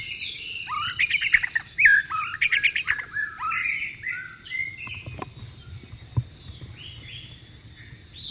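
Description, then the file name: White-rumped shama song, a rapid jumble of rich whistles and sweeping notes, then softer scattered phrases trailing off. Wild bird in its natural habitat. "suara burung murai batu di alam liar"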